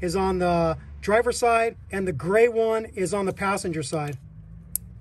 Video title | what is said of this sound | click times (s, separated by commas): Toyota Lexus 2UZ-FE Starter Replacement (With the Secondary Air Injection System 2005-2011) (Part 2) | Okay, heard it snap. | 4.8 s